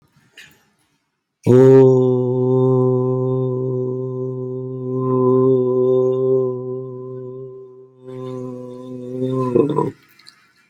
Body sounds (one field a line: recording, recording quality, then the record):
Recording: sustained vowel as in boot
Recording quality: excellent, no background noise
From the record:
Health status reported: healthy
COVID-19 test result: not tested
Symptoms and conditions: hypertension, diabetes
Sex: male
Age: 62 years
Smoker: not ticked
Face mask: not worn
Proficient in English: yes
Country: India